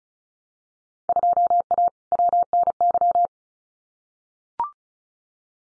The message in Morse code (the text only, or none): 2A WNY